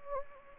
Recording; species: mosquito wingbeat signal from an infrared sensor; Anopheles gambiae